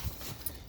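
An aluminum siding panel is pushed again to lock onto the lower panel's edge, with a short snap at 0.5 seconds. The panel is only partly in, not fully locked.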